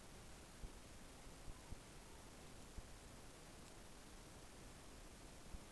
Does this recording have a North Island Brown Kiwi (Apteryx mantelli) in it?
no